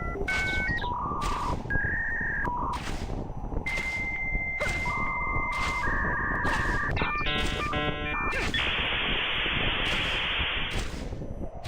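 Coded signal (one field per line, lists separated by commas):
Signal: dial-up modem handshake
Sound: steady answer tone, chirpy two-tone warbling, beeping bursts, then a loud rushing hiss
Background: background noise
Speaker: that dialup sound, people don't know. Let me let me play one more time for y'all.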